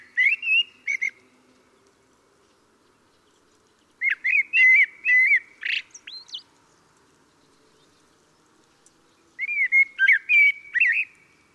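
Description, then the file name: Common blackbird song in three spaced phrases, each of warbled fluty notes mixed with high squeaky twitters, separated by several quiet seconds with a faint hum. "Turdus merula"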